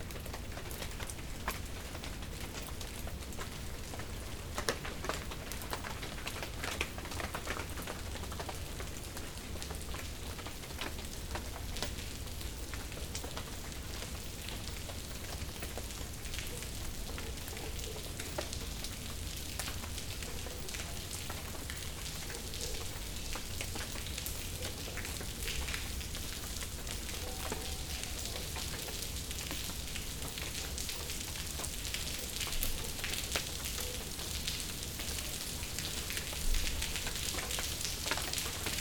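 Steady rain patters densely and evenly for the whole clip, with scattered sharper drops and a constant low rumble underneath.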